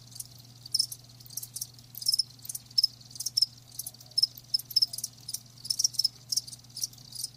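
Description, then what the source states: Cricket chirps, short high pulsed bursts repeated irregularly over a low steady hum. Live crickets chirping with a lulling song.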